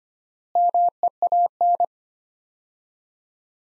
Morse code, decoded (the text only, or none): MEAN